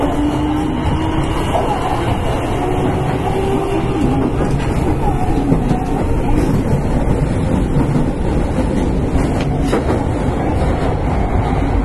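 A subway train runs steadily along, with a dense, constant low rumble and rattle from the wheels and car that stays level the whole time. Faint voices of passengers murmur underneath, and brief squeals and clicks cut through around four to seven seconds and again near ten.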